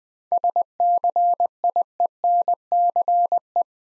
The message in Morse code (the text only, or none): SCIENCE